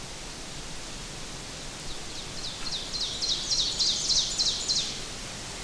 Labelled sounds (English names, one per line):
Ovenbird song